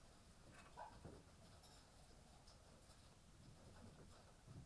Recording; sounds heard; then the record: poultry house recording; healthy chickens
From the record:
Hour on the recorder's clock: 18